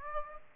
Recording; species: mosquito wingbeat signal from an infrared sensor; Aedes aegypti